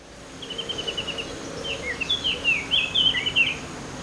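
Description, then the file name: Eurasian blackcap song: a quick run of short high chips, then a warbled stretch of varied whistled notes around the upper register, over steady faint background hiss. "Sylvia atricapilla"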